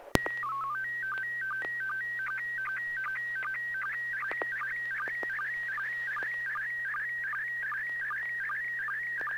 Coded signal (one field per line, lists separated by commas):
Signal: SSTV (slow-scan television)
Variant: PD 50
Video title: N6NA SSTV Net - 04/07/2021